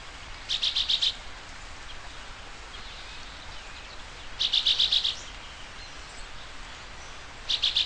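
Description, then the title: Bird song: short, high bursts of five or six rapid pulsing notes repeated roughly every three and a half seconds, three phrases in all, over steady hiss. "LuckyPassaro Completos2Sama"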